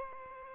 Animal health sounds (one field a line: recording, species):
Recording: mosquito wingbeat signal from an infrared sensor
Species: Aedes albopictus